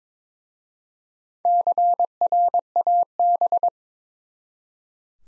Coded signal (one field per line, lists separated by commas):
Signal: Morse code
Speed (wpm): 21 wpm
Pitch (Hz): 700 Hz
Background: none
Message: CRAB